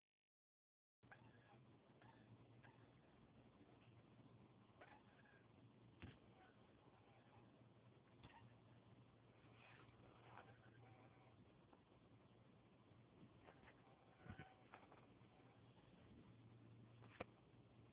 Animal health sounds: mosquito flight sound by mobile phone; Anopheles dirus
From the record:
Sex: female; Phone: Huawei 866C

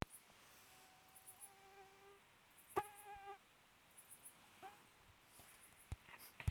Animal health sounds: mosquito flight sound by mobile phone; Aedes sierrensis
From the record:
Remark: free flight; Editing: field recording with all noises

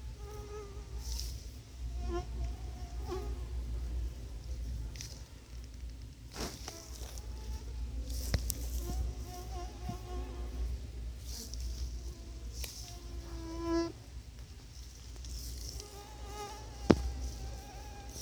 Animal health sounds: mosquito flight sound by mobile phone; Anopheles quadrimaculatus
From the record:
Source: Auburn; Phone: Sony Xperia

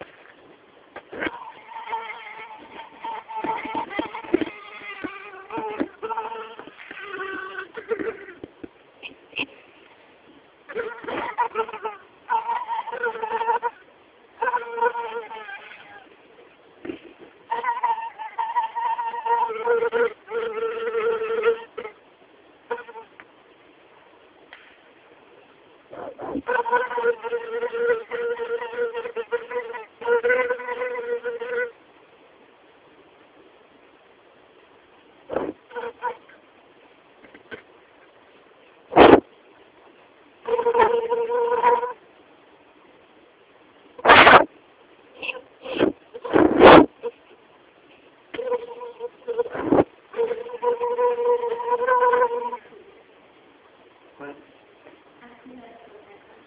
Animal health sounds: mosquito flight sound by mobile phone; Anopheles albimanus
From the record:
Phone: Samsung T209

